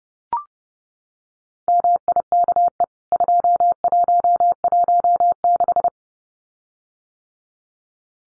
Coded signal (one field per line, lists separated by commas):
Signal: Morse code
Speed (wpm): 30 wpm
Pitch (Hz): 700 Hz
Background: none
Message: MIKE 2116